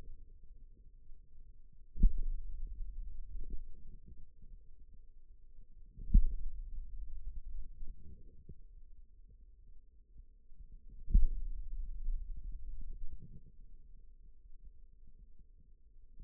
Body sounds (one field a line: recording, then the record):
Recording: forearm muscle sounds (acoustic myography)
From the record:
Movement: pen grasping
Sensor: system 2, bracelet of six BSWA MPA416 microphones around the upper forearm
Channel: 4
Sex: male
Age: 22 years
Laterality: right